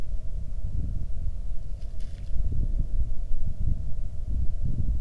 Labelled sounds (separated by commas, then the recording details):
wind
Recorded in the Arctic National Wildlife Refuge, Alaska, on 3 August 2019 at 10:15
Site 46